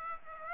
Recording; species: mosquito wingbeat signal from an infrared sensor; Aedes aegypti